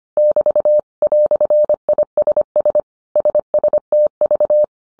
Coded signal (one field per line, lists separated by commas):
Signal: Morse code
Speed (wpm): 25 wpm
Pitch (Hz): 600 Hz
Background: none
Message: <BT> "ISS SSTV